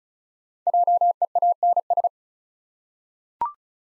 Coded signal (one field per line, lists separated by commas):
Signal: Morse code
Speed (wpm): 36 wpm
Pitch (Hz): 700 Hz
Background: none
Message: JEANS